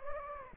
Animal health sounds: mosquito wingbeat signal from an infrared sensor; Anopheles gambiae

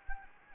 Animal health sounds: mosquito wingbeat signal from an infrared sensor; Anopheles gambiae

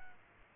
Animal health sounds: mosquito wingbeat signal from an infrared sensor; Aedes aegypti

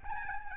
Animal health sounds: mosquito wingbeat signal from an infrared sensor; Aedes albopictus

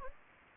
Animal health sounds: mosquito wingbeat signal from an infrared sensor; Anopheles gambiae

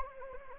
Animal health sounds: mosquito wingbeat signal from an infrared sensor; Anopheles gambiae

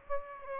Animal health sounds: mosquito wingbeat signal from an infrared sensor; Aedes aegypti

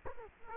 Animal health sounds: mosquito wingbeat signal from an infrared sensor; Culex quinquefasciatus

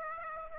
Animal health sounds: mosquito wingbeat signal from an infrared sensor; Aedes aegypti

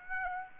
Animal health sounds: mosquito wingbeat signal from an infrared sensor; Aedes aegypti

